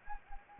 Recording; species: mosquito wingbeat signal from an infrared sensor; Anopheles gambiae